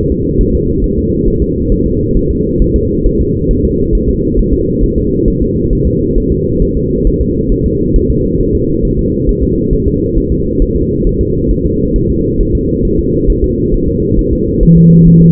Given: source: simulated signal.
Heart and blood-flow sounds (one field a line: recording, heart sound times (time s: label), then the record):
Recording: fetal heart sounds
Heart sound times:
0.12 s: S2
0.41 s: S1
0.55 s: S2
0.84 s: S1
0.98 s: S2
1.28 s: S1
1.42 s: S2
1.72 s: S1
1.86 s: S2
2.17 s: S1
2.31 s: S2
2.62 s: S1
2.76 s: S2
3.06 s: S1
3.21 s: S2
3.51 s: S1
3.65 s: S2
3.95 s: S1
4.09 s: S2
4.39 s: S1
4.53 s: S2
4.84 s: S1
4.98 s: S2
5.28 s: S1
5.42 s: S2
5.73 s: S1
5.87 s: S2
6.18 s: S1
6.32 s: S2
6.62 s: S1
6.77 s: S2
7.07 s: S1
7.21 s: S2
7.52 s: S1
7.66 s: S2
7.96 s: S1
8.10 s: S2
8.41 s: S1
8.55 s: S2
8.85 s: S1
8.99 s: S2
9.29 s: S1
9.43 s: S2
9.73 s: S1
9.88 s: S2
10.18 s: S1
10.32 s: S2
10.62 s: S1
10.76 s: S2
11.07 s: S1
11.21 s: S2
11.51 s: S1
11.66 s: S2
11.96 s: S1
12.10 s: S2
12.41 s: S1
12.55 s: S2
12.85 s: S1
12.99 s: S2
13.30 s: S1
13.44 s: S2
13.74 s: S1
13.88 s: S2
14.19 s: S1
14.33 s: S2
14.63 s: S1
14.77 s: S2
15.07 s: S1
15.22 s: S2
From the record:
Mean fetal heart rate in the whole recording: 135 bpm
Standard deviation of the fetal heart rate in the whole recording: 3 bpm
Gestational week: 36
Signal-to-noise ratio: -10.2 dB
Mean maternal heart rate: 72 bpm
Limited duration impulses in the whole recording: present